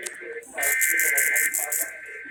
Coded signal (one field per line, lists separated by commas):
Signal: Emergency Alert System (SAME) tones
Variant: header bursts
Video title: KQPS IS NOW KMEE AND A NEW RMT! EAS Tests from July 2023